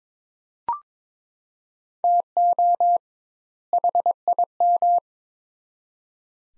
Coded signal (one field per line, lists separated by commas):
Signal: Morse code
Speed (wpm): 21 wpm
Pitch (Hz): 700 Hz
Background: none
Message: TO HIM